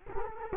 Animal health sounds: mosquito wingbeat signal from an infrared sensor; Culex quinquefasciatus

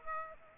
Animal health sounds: mosquito wingbeat signal from an infrared sensor; Aedes aegypti

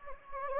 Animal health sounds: mosquito wingbeat signal from an infrared sensor; Anopheles gambiae

